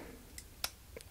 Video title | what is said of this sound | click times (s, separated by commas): Victorinox Swisstool Plus | and it locks again | 0.6 s